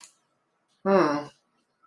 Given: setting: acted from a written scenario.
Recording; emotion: vocal sound without words; neutral